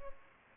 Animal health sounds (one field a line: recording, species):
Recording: mosquito wingbeat signal from an infrared sensor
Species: Culex pipiens